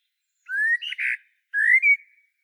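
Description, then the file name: Common blackbird with a rising whistle, a short rough warble, then a second upward-sliding fluted whistle. "Turdus merula"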